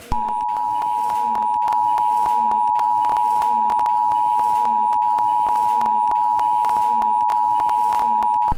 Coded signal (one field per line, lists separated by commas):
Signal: Emergency Alert System (SAME) tones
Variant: 853 and 960 Hz attention tone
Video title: EAS SCENARIO #42: i-Ready